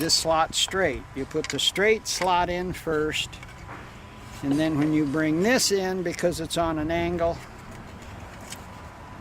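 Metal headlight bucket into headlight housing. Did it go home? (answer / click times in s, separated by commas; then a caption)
yes / 8.5 s. Someone talks while fitting a metal headlight bucket into the headlight housing of a Studebaker–El Camino ("Studemino") light assembly, putting the straight slot in first and then swinging the angled slot in. A single sharp hit at 8.5 s marks the bucket popping into place.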